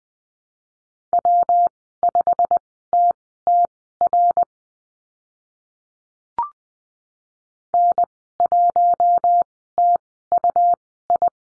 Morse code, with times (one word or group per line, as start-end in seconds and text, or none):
1.1-4.4 W5TTR
7.7-11.3 N1TUI